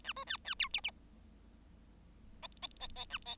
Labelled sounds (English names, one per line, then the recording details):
Bengalese Finch song
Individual Bird7